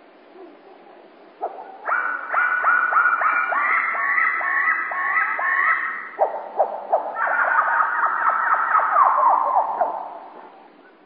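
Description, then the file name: Common blackbird song played slowed down, a long run of low, drawn-out stacked notes, one strong phrase after another. "Merle Et Merle Au Ralenti Merle noir ralenti"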